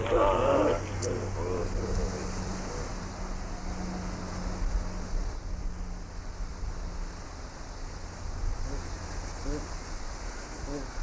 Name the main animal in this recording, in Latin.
Papio hamadryas